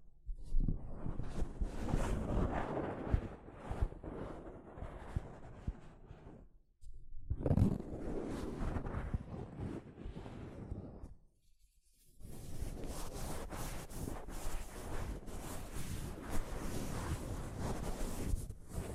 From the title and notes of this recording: ASMR Mic Brushing using Soft Fabric (No Talking).